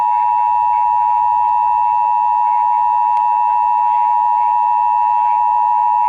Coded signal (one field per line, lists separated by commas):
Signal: Emergency Alert System (SAME) tones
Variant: 853 and 960 Hz attention tone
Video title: Child Abduction Emergency - 08/05/21 (EAS #2,334)